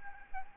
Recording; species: mosquito wingbeat signal from an infrared sensor; Aedes albopictus